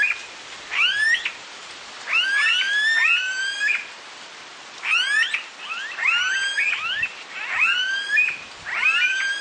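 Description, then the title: Smooth-billed ani giving rising, whining squeals, several overlapping in clustered bursts, against a continuous hissing background. "LuckyPassaro Completos2Sama. Smooth-billed Ani (Crotophaga ani)"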